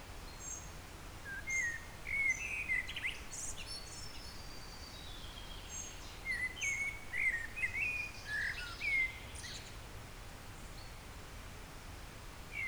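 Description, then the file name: Eurasian blackbird delivering mellow fluted phrases broken by high, squeaky chattering flourishes, with a brief phrase starting at the very end and steady low hum behind. "Turdus merula"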